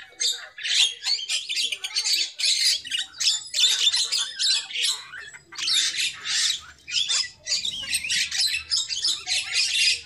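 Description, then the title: Lovebird calls, dense shrill chattering and squawks in rapid bursts throughout, with a few short gaps between clusters. Lovebird lure call used for bird trapping. "PIKAT BURUNG LOVEBIRD"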